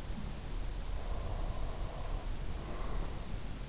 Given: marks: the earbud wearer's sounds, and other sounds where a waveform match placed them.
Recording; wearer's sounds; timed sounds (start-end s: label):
sounds in sleep by an in-ear microphone; breath
1.12-3.46 s: breath